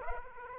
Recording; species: mosquito wingbeat signal from an infrared sensor; Aedes aegypti